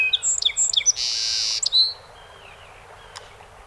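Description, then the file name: Song sparrow song ending: quick high chips and a long buzzy note, then a slurred whistle trailing into quiet background. 48 songs, 7 June 2018. "2018-06-07 Song Sp 48 Songs"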